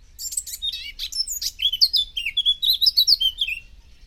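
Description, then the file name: Eurasian blackcap song: a scratchy, hurried chatter of high notes that breaks into a run of loud, clear fluting whistles, most dropping in pitch. "Sylvia atricapilla"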